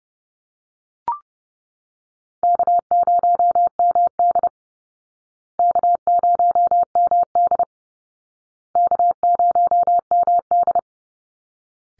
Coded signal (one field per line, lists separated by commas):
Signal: Morse code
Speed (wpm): 30 wpm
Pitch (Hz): 700 Hz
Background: none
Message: K0MD K0MD K0MD